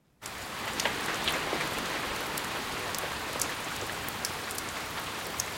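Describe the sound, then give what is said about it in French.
Steady rain falls without pause in a courtyard, a dense even hiss with scattered sharper drips and patters ticking through it, starting abruptly after a brief silence and holding a constant level throughout. “La pluie, dans la cour où je la regarde tomber, descend à des allures très diverses.”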